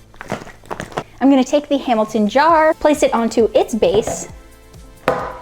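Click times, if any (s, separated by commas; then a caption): 5.1 s. Someone talks while a portable Hamilton Beach blender jar is placed onto its motor base and turned until it locks, with a few light knocks of handling early on. A sharp click at 5.1 s marks the jar locking into place on the base.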